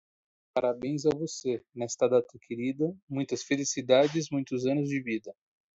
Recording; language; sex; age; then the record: short text; Brazilian Portuguese; male; 30 to 39 years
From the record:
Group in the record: control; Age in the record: 32 years